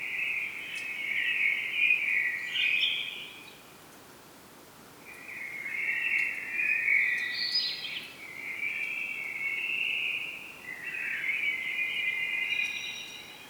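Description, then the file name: Common blackbird singing in long, scratchy warbled phrases of about three seconds each, separated by short pauses, over steady background hiss. "Turdus merula"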